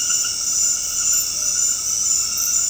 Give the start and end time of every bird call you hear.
1.11s-1.70s: Tropical Screech-Owl

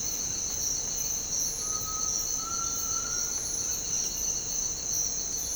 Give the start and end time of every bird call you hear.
1.53s-3.35s: Cinereous Tinamou

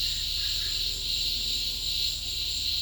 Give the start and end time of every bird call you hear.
0.32s-0.75s: Olive Oropendola

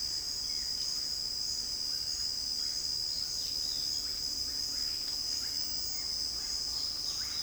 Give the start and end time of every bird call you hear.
1.15s-7.43s: Russet-backed Oropendola
3.08s-3.84s: Great Kiskadee
6.70s-7.43s: Great Kiskadee

